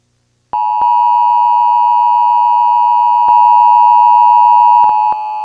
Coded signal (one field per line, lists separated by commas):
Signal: Emergency Alert System (SAME) tones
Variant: 853 and 960 Hz attention tone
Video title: EAS MOCK: Child Abduction Emergency